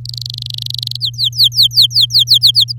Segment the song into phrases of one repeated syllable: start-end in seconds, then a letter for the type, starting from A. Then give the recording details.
0.05-0.97 A, 1.00-2.72 B. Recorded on 10 May 2018 at 06:20. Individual llb16